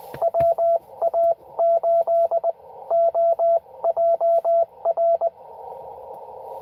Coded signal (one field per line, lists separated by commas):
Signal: Morse code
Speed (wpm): 22 wpm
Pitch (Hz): 690 Hz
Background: radio noise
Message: WA8OJR